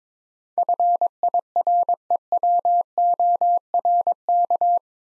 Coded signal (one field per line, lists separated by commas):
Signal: Morse code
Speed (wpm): 22 wpm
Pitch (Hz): 700 Hz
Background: none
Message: FIREWORK